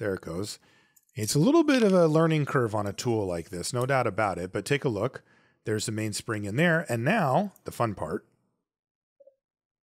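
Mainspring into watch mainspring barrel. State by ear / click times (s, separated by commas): not seated / none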